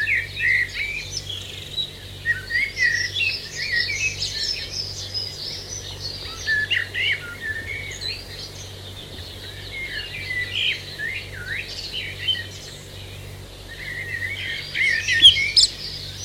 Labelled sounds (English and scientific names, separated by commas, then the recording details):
Common Blackbird (Turdus merula)
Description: Dawn chorus with blackbirds in the foreground
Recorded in New Zealand